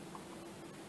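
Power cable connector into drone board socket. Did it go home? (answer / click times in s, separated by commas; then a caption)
no / none. A power cable connector is handled at its socket on a drone board, about to be pushed in. Only a steady low hiss with faint soft rustling is heard. Nothing has seated or clicked yet.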